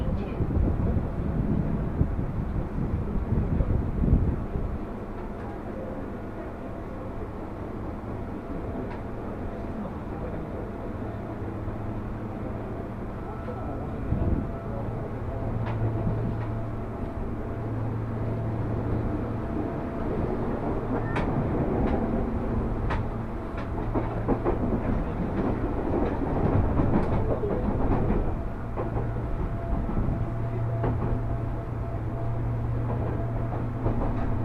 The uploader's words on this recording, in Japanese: 耳で楽しむ鉄道旅 南武線・南武支線・鶴見線。